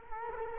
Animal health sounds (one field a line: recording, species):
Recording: mosquito wingbeat signal from an infrared sensor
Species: Culex quinquefasciatus